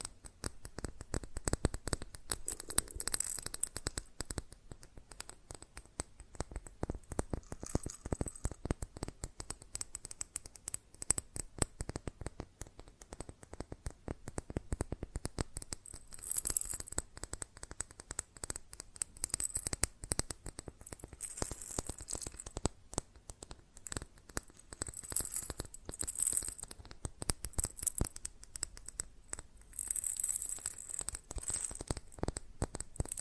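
Fast, dense tapping on glass and ceramic objects, a steady stream of sharp clicks with brighter, busier bursts around 3, 16, 25 and 30 seconds.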